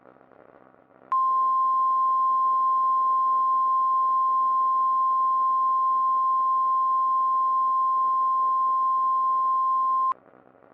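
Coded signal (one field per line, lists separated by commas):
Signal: Emergency Alert System (SAME) tones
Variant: 1050 Hz attention tone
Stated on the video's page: Fictional EAS scenario, a simulated blizzard warning, not a real alert.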